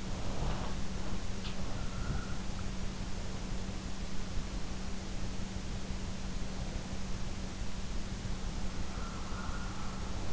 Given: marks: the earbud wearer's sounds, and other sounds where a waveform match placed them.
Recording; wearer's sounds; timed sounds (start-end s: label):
sounds in sleep by an in-ear microphone; breath
0.00-1.28 s: breath
9.00-10.33 s: breath